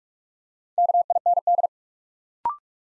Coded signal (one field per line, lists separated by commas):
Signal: Morse code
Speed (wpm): 44 wpm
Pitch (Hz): 700 Hz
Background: none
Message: KIND